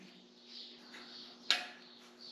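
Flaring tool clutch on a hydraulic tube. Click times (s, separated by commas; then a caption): 1.5 s. The feed screw of a tube flaring tool is wound into a metal hydraulic tube, with a soft, steady low hum and faint winding noise underneath. At 1.5 s the tool's clutch slips with a sharp click, ratcheting out at the end of the stroke when the flare is complete. The result is a smooth, good flare.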